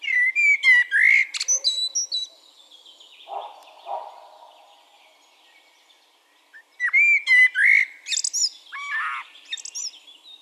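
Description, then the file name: Common blackbird singing two phrases, each mellow fluted notes followed by a scratchy high twitter, separated by a pause with soft lower notes and faint background birdsong. "Turdus merula"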